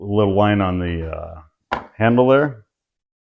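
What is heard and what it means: Someone talks while handling the outer bowl of a Ninja Creami ice cream maker, which holds a frozen pint and is being lined up with the mark on the handle before being twisted onto the machine. A brief knock sounds between the words, but nothing has seated or clicked into place yet.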